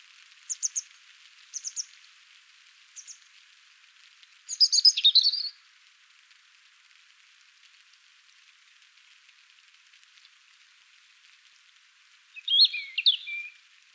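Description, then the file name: European robin: a few faint high ticking notes at the start, then a brief high scratchy phrase, a long pause, and another short warbled phrase near the end. "Erithacus rubecula"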